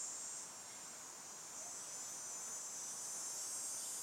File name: crickets cicadas hot day buzzing in trees residential street